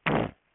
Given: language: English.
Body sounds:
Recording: throat vibration sensor signal played as sound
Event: throat clearing

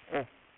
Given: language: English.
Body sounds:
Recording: throat vibration sensor signal played as sound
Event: speech

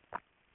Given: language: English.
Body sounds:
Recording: throat vibration sensor signal played as sound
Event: swallow

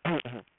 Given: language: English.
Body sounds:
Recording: throat vibration sensor signal played as sound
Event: throat clearing

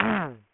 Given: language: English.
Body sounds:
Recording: throat vibration sensor signal played as sound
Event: throat clearing

